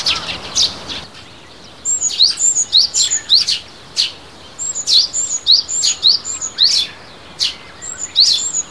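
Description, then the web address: Sparrow calls, rapid series of sharp high chirps, each note dipping quickly, delivered in irregular clusters after a brief quiet gap, with light background noise. On a walk at Azamidani. "raivu sansaku azamidani sound bird sparrow"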